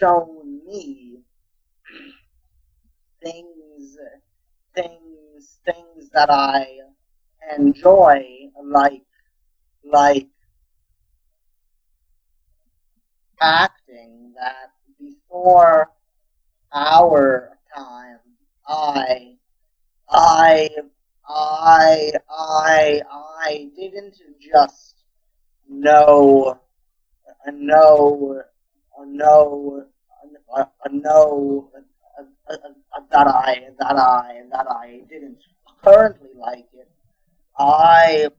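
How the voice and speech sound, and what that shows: A 16-year-old boy who stutters speaks haltingly, with repeated words and syllables ("I… I… I", "know, know, know, know", "that I, that I"), stretched sounds and many long silent blocks between words. These are the marks of developmental stuttering, a disorder of speech fluency.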